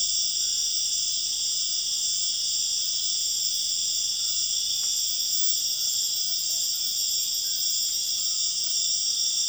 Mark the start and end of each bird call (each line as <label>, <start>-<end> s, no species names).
bird call, 6.21-6.66 s